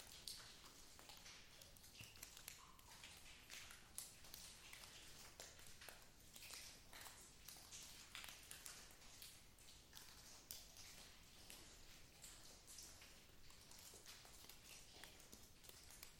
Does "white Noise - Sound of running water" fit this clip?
no